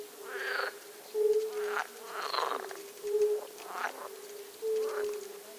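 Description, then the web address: Frogs croaking in several short raspy bursts spread throughout, over a steady low tonal hum. Small frogs, ambient. "FGMSounds. Small ambient frogs"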